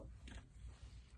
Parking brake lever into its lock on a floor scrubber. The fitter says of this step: so again it's locked into place release and then you can start using the machine